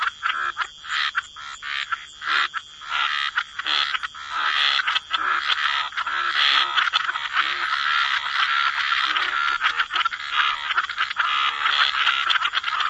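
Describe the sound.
Frog chorus, many overlapping raspy croaks blending into a dense continuous din, with a steady high tonal hum throughout.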